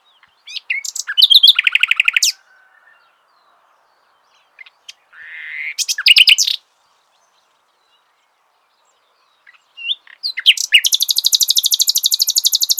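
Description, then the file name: Common nightingale song in separate phrases: rapid rattling trills, a rising slurred note, pauses of silence, then a long, fast, buzzy high trill at the end. "Luscinia megarhynchos"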